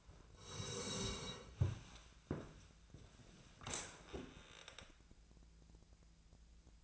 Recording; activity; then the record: daily activity, microphone in the room; sit down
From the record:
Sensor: 2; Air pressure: 1000.3 hPa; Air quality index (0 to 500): 162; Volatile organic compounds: 3 ppm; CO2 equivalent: 1350 ppm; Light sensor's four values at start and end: 8/16/7/8 and 8/19/8/8